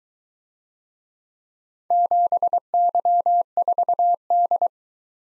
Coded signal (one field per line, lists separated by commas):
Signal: Morse code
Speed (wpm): 22 wpm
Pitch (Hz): 700 Hz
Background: none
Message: 7Y4D